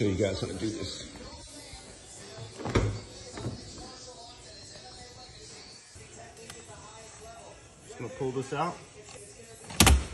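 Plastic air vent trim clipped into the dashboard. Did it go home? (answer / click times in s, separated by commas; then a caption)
released / 9.8 s. Someone talks while yanking a plastic air vent trim piece out of the dashboard of a Trackhawk to route a phone cord through the vent. A few soft handling knocks come first, then the trim's retaining clip lets go with a sharp, loud click at 9.8 s, and the dash vent trim pops loose.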